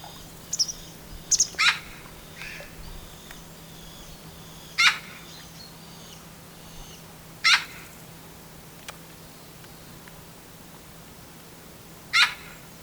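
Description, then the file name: Eurasian magpie calls: a cluster of harsh, rasping notes at the start, then single grating calls spaced a few seconds apart. "Pica pica"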